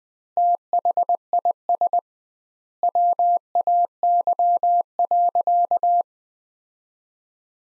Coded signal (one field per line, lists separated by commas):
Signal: Morse code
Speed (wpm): 21 wpm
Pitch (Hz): 700 Hz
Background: none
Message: THIS WAY.